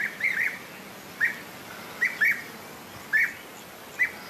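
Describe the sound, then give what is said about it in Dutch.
Short, rolling trilled calls of a European bee-eater in Petrovdol, Bulgaria, repeated every second or so at a bright mid-high pitch, some in quick pairs, over a soft hissing background with no talking. “En dit keer de roep van de, volgens Ben dan, hè, mooiste vogel van Bulgarije, de bijeneter.”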